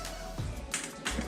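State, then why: Seated. Over background music, the clips of a refitted plastic windshield cowl panel on a Chrysler Crossfire are pressed into the car body by hand. Two sharp snaps are heard at 0.7 s and 1.1 s as the clips seat in place.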